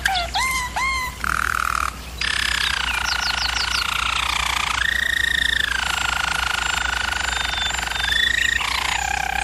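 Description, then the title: German Roller canary opens with a few swooping notes, then sings long, smooth rolled tours that step between pitches with brief rising flourishes. German Roller canary singing, for canary training. "German Roller Canary Singing - Canary Training Vid"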